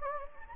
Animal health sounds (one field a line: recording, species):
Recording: mosquito wingbeat signal from an infrared sensor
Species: Anopheles gambiae